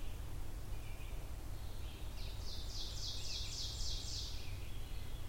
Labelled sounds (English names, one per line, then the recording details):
Ovenbird song
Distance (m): 65 m
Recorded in boreal forest in Alberta, Canada, on 22 June 2016 at 06:41
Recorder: SongMeter 3, array SBT-6-76
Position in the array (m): 165 m, 136 m
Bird 3